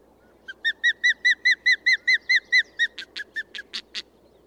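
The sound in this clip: Bird song opening with about a dozen quick arched whistles, then shifting into six harsher, buzzier notes at the same rhythm.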